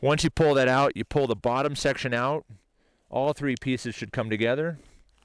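Someone talks while handling a BlackOvis Crestone collapsible carbon fiber trekking pole, pulling its bottom section out so the three sections come together, with faint brief handling ticks near the end. The spring push-button clip has not yet snapped into its hole to lock the sections; nothing has seated or clicked yet.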